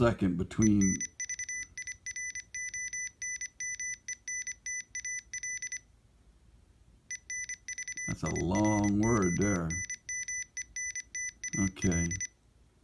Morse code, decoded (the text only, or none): ENVIRONMENTAL ENVIRONMENTAL